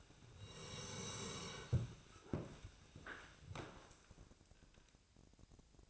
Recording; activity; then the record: daily activity, microphone in the room; sit down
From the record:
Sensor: 2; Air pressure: 1000.3 hPa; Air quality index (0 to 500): 168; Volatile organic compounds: 3 ppm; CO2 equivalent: 1402 ppm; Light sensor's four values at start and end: 7/15/7/7 and 8/18/7/8